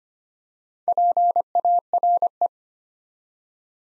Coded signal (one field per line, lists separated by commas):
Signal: Morse code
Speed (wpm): 25 wpm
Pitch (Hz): 700 Hz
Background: none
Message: PARE